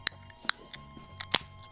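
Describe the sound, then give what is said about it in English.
A beer can being opened in a studio: a quick series of sharp, bright metallic clicks and snaps spread over a second or two, with no voices. “Well, let me crack a beer and think about that.”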